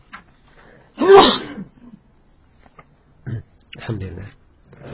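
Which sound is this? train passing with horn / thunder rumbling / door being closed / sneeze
sneeze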